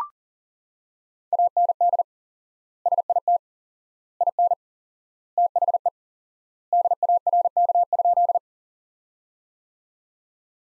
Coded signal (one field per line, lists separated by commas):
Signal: Morse code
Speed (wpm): 37 wpm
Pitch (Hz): 700 Hz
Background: none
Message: AND SIT IN THE DARK?